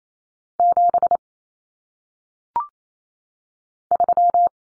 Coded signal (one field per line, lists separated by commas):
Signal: Morse code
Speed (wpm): 28 wpm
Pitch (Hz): 700 Hz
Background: none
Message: 7 3